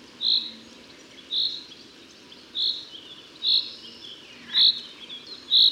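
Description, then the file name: Common chaffinch calling with brief high single notes, six in a row about a second apart, with soft background noise. "Fringilla coelebs"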